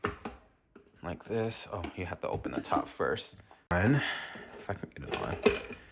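Someone talks while fitting a juicer top/chamber onto the juicer base after opening the top, with a few brief handling knocks near 0.1, 0.3 and 0.8 seconds. The part has not seated or clicked into place yet.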